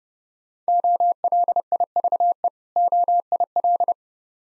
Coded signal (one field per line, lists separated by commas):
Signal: Morse code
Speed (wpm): 29 wpm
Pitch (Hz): 700 Hz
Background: none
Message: OLIVE OIL